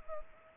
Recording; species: mosquito wingbeat signal from an infrared sensor; Culex pipiens